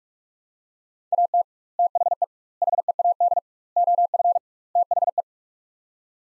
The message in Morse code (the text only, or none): AT THE HEAD OF THE